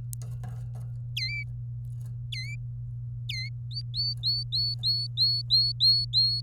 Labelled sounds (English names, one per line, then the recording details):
Domestic Canary song
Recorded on 23 April 2018 at 17:18
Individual llb3